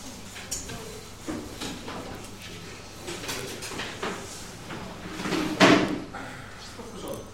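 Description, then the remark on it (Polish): A chair gives way under someone during a sermon with a sudden loud wooden crack and brief clatter, preceded by scattered small knocks and creaks, with faint voices murmuring in the background. “Zapraszamy na mocniejsze krzesła.”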